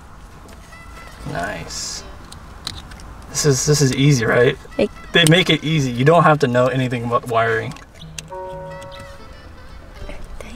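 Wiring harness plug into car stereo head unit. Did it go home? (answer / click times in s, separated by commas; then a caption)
yes / 8.2 s. A wiring harness plug is pushed into the back of an aftermarket car stereo head unit, a 10.2-inch screen for a 2014–2019 Corolla. Someone talks over faint background music, and a sharp click at 8.2 s marks the connector snapping in. The plug is confirmed seated.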